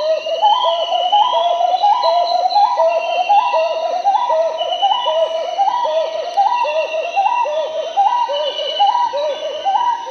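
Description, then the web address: Marbled Wood-Quail song, continuous run of mellow, bouncing two-part hoots repeated rapidly and evenly throughout. Recorded in South America. "Natures Songs S America Marbled Wood-Quail"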